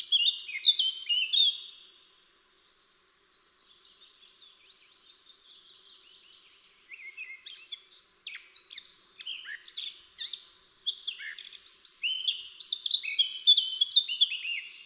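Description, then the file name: Eurasian blackcap delivering a brisk warble, then a quiet pause with faint twitter, before another long phrase of rapid, jumbled notes. "Sylvia atricapilla"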